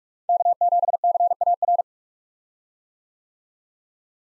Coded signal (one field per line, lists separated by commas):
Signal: Morse code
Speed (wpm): 46 wpm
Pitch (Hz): 700 Hz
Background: none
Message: K7CAR